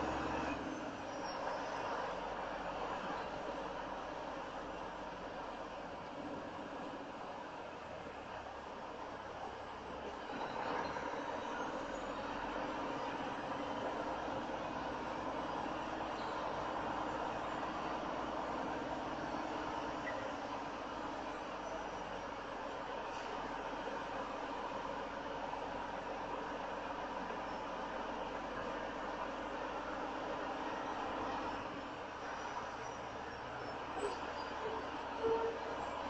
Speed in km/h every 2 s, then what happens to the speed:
10, 11, 11, 11, 5, 5, 10, 11, 11, 11, 10, 8, 8, 8, 8, 8, 6, 5.
0-6 steady at about 11. 6-8 slows to 5. 8-14 speeds up to 11. 14-31 steady at about 8.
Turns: 12-22.